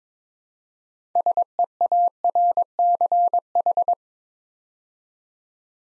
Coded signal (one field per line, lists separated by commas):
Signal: Morse code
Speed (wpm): 22 wpm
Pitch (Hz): 700 Hz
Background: none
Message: SEARCH